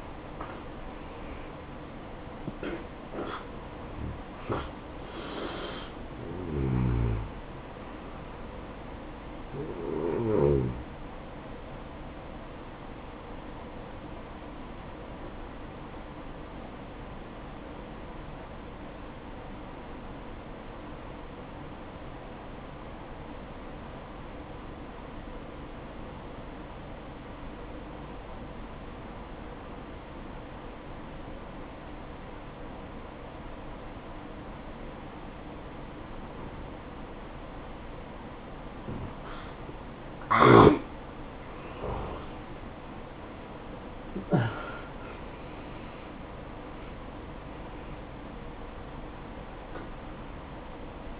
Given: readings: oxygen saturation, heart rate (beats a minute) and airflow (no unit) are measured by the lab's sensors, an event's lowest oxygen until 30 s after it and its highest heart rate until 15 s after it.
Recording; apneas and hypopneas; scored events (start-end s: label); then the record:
breathing in sleep by a voice recorder at the bedside; 1
14.00-40.90 s: obstructive apnea (N2, oxygen 95% highest, then 85% lowest, heart rate 63 at the start, 72 highest)
From the record:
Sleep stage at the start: N2 (light sleep); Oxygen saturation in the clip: 83 to 95%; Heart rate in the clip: 61 to 72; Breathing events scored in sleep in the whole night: 573 in 9.8 hours asleep